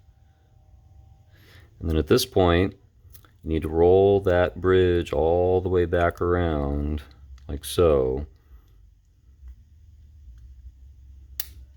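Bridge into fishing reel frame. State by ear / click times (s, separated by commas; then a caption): seated / 11.4 s. A metal bridge is rolled all the way back around inside the frame of a first-generation Penn Beachmaster 155 Lighthouse edition vintage fishing reel. Someone talks for most of the clip, then after a quiet stretch a sharp snap is heard at 11.4 seconds as the bridge snaps into place and is seated.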